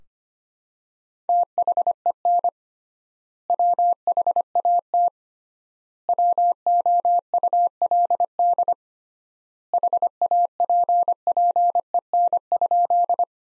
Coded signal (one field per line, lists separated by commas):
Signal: Morse code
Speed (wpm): 25 wpm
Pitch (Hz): 700 Hz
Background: none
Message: THEN WHAT WOULD HAPPEN?